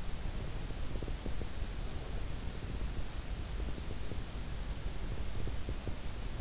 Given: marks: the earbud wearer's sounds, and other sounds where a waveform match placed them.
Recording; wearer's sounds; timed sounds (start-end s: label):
sounds in sleep by an in-ear microphone; breath
0.71-3.19 s: breath
4.89-6.41 s: breath